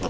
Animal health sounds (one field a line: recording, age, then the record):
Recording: pig call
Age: piglet (1 to 25 days)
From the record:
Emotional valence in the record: positive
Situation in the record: reunion after long isolation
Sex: male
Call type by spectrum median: low-frequency call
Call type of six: low-frequency tonal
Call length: 0.09 s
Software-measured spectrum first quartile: 302 Hz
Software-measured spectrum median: 647 Hz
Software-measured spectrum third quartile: 1880 Hz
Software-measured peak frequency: 498 Hz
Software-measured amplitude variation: 42 dB a second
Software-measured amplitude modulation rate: 5.3 a second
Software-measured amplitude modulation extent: 7.9 dB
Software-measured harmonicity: -1.4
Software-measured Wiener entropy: -1.56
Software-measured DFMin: 1322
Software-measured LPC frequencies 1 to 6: 521, 1045, 2842, 4219, 5481, 6961 Hz